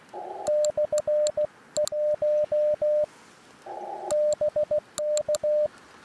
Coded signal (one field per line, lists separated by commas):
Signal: Morse code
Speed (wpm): 16 wpm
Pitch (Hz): 600 Hz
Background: none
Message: /1 BK